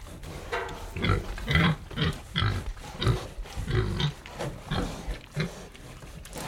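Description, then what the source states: Tamworth pig giving deep, rumbling grunts in quick succession, with snuffling breaths between them. Tamworth pigs grunting and breathing while eating.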